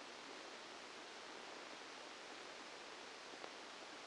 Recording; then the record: brain microelectrode recording played as sound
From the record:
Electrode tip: outside the subthalamic nucleus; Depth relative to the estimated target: -10 mm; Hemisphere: right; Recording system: NeuroSet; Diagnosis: Parkinson's disease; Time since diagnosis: 8 years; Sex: male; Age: 65 years